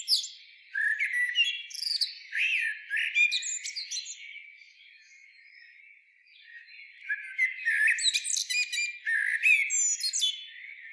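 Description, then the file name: Common blackbird producing two long runs of squeaky, chattering notes and short whistles, split by a quiet stretch of about two seconds. "Turdus merula"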